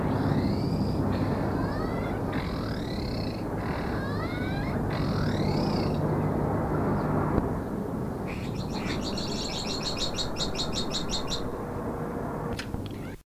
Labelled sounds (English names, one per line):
Azure-winged Magpie call